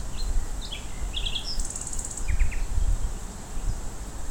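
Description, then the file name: Common nightingale singing varied short phrases of clipped notes, a brief rattling trill and a few sharp rising notes, with heavy low rumble underneath. Recorded at Fort Vechten on 1 May 2026. "Nachtegaal-Ford-Vechten 2026-05-01-1508-May 1"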